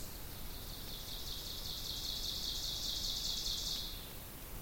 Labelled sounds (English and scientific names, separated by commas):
Ovenbird (Seiurus aurocapilla) song